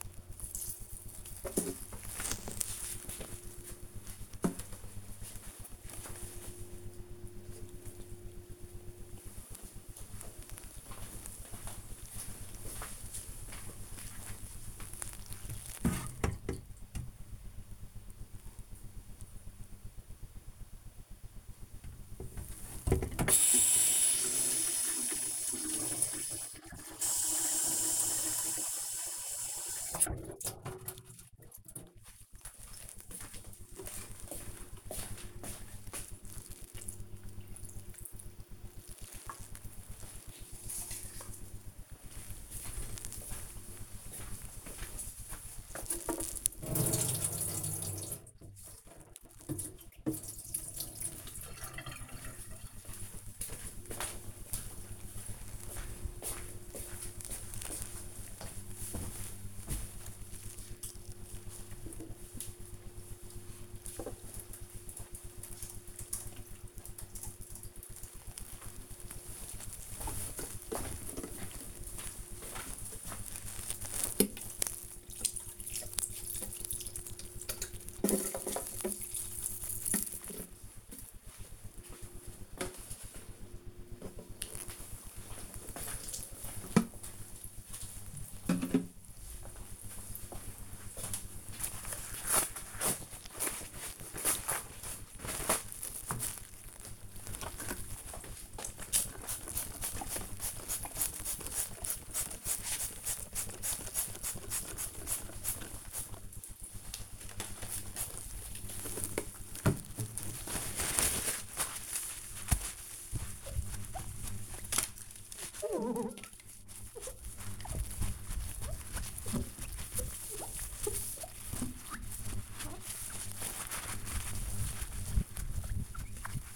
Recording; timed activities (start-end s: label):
household activities, microphone on the right wrist
0.00-4.35 s: watering plant
22.47-80.90 s: watering plant
96.00-126.56 s: window cleaning